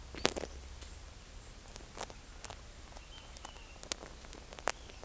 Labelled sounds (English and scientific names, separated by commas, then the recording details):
none
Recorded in forest near Pivijay, Magdalena, Colombia, on 2 June 2023 at 10:00
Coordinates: 10.467, -74.380
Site Z5-G034